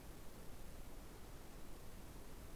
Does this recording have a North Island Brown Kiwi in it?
no